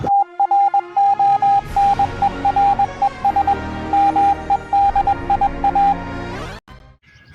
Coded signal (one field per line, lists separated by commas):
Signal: Morse code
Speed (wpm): 21 wpm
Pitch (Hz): 800 Hz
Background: music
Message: TRONERES MEDIA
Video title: OptiBeam Replica European Union DX Contest EA6URP